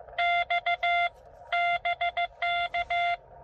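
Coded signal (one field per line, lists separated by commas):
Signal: Morse code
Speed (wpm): 18 wpm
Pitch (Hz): 700 Hz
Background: none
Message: X BK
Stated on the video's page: QRP CW POTA activation at 5 watts from a Xiegu X6100, keyed with a home-brew cootie sideswiper, on 15 and 20 meters.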